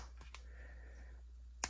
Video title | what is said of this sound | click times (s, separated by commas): Mythic Legions Zenithon Review, Is He Worth The Price? | seem to pop into place nice and easy | 1.6 s